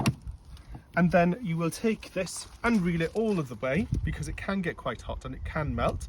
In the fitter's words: So to insert it, lift the flap up and then pop it in until you hear a click,